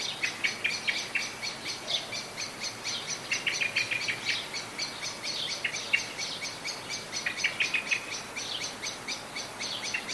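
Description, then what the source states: Blackbird alarm, a continuous stream of sharp metallic tchink notes, fast and uneven in rhythm, over faint steady background noise. Blackbird calling in a state of anxiety.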